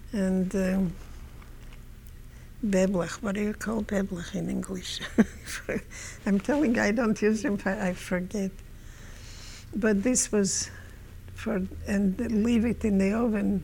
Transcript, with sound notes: and beblach. What do you call beblach in English? ( she laughs ) I'm telling you, I don't use them, I forget. But this was for, and then leave it in the oven.